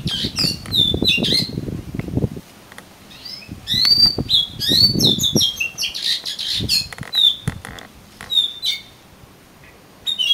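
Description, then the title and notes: Oriental magpie-robin: loud swept whistled notes and chatters over repeated low rustling and fluttering sounds. "suara kacer. kumpulan suara burung kacer"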